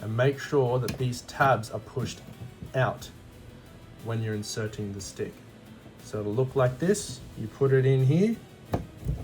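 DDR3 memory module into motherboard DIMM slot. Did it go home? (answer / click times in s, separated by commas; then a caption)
no / none. A DDR3 memory stick is handled at a motherboard DIMM slot with its plastic retention tabs pushed out, while someone talks throughout. A brief sharp sound stands out at 8.7 s. The stick has not seated or clicked into the slot yet.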